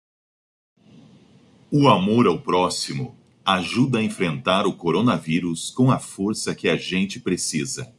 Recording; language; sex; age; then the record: spoken sentence; Brazilian Portuguese; male; 40 to 49 years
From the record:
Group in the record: control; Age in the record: 47 years